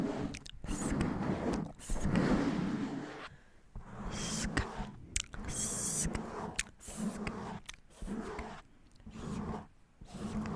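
Mic scratching: rough, gritty rubbing strokes in bursts of a second or two, separated by short near-silent gaps. The scraping is dense and full, with a low rumble underneath and brighter hissy flicks, loudest around the two-second mark.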